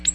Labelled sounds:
Ovenbird flight call

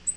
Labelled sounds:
Black-throated Green Warbler flight call

